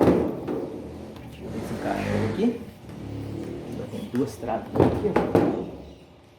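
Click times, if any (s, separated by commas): none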